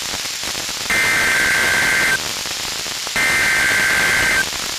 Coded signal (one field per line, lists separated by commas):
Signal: Emergency Alert System (SAME) tones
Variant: header bursts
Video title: NWR Weekly Tests (12/14/22)(EAS 1305-1308)